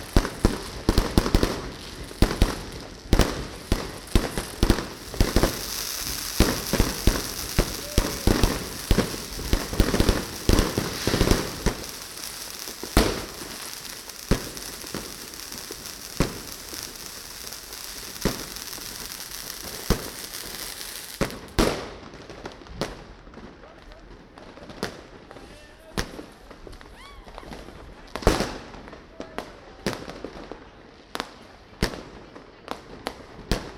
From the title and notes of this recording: Fireworks (Ellekomstraat, Den Haag, January 1st 2012). Fireworks on new years eve.